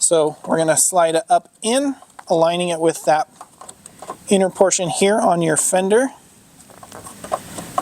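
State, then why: Seated. A plastic fender trim cap is slid up and lined up with the inner fender of a 2020-2025 Chevy Silverado HD truck, then pressed so its clip snaps into the body. Someone talks first, followed by quiet handling noises and small taps, and a sharp click at 7.8 s as the clip seats into place.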